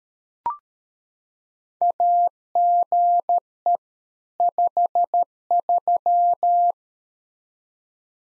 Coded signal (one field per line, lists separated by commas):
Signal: Morse code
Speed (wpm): 13 wpm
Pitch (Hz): 700 Hz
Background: none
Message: AGE 53